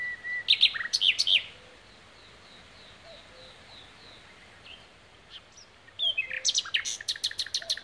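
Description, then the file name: Common nightingale singing loud bursts of sharp whistled and trilled notes, a quiet gap with soft phrases, then a fast run of repeated emphatic notes. "Luscinia megarhynchos"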